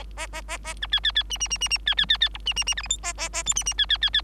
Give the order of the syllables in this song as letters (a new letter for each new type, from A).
A A A A B C C C D D D D D C C C C E D D D F G H A A A I D D C C C C